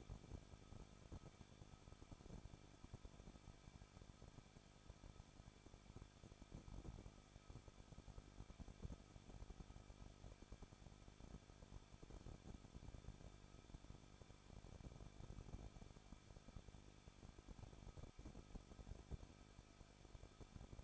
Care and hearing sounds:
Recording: daily activity, microphone in the room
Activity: no activity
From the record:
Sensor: 5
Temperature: 20.9 degrees Celsius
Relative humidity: 38.1%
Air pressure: 1006.4 hPa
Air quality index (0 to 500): 187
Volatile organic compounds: 18 ppm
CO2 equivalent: 2622 ppm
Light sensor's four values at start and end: 2/3/1/1 and 2/3/1/1

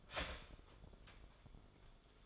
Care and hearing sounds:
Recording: daily activity, microphone in the room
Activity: start toaster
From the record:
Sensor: 5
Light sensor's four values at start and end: 14/34/13/12 and 14/34/13/12

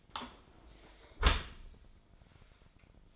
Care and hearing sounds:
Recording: daily activity, microphone in the room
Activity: close dishwasher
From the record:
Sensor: 5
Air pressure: 1003.2 hPa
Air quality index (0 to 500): 128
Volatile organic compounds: 1 ppm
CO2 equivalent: 937 ppm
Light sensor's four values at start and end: 69/167/69/78 and 66/159/67/74

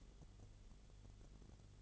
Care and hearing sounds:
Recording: daily activity, microphone in the room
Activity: light off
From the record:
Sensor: 4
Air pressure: 1008.6 hPa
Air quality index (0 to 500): 98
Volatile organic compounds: 1 ppm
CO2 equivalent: 732 ppm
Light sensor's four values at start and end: 11/26/10/10 and 11/25/10/9

